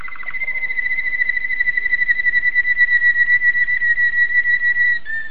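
Domestic canary song: a brief trill, then one very long, steady, slightly wavering whistled note lasting about five seconds.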